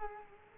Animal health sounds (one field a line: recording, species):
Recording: mosquito wingbeat signal from an infrared sensor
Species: Culex quinquefasciatus